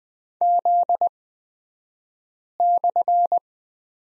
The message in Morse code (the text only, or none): Z/